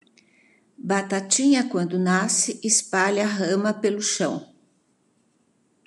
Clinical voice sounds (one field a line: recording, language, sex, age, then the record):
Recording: short text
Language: Brazilian Portuguese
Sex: female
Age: 70 to 79 years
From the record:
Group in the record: control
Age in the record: 74 years